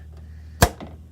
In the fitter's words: you get that snap that's when you know you've locked it in place and it's pretty much not going anywhere